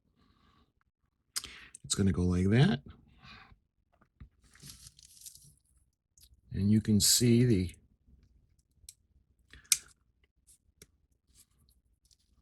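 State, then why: Not seated. A plastic frame piece for the Eaglemoss build of the U.S.S. Enterprise NCC-1701-D model kit, shipment 3, is handled and positioned onto the saucer pylon assembly of the hull frame. Someone talks in two bursts while light plastic taps and handling ticks sound, the sharpest just before 10 s. The piece has not seated or clicked into place yet.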